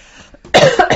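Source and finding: Adult woman. Cough.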